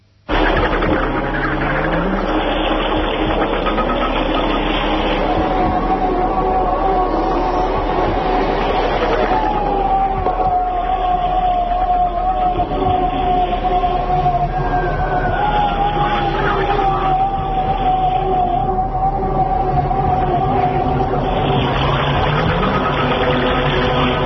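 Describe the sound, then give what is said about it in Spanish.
A strange underwater sound from the deep ocean, recorded in 1997 by a team of scientists: a steady, loud low rumble carrying a wavering, slowly sliding whine that drifts in pitch, continuing unbroken for about twenty-four seconds. “y a este documental lo llamaron The Blob, en homenaje a un sonido muy extraño que fue captado en el año 1997 por un equipo de científicos en las profundidades del océano.”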